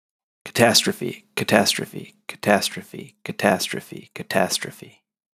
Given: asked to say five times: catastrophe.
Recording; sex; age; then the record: repeated word; male; 30 to 39 years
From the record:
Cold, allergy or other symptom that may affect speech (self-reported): no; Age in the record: 33 years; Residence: Virginia, United States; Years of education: 18